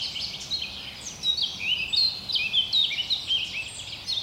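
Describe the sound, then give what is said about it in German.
Several birds sing at once in a forest, a busy overlapping chorus of high, quick chirps and short warbled phrases over a steady airy background hiss, with no voices. “Die Vögel sind natürlich alle schon längst aufgewacht.”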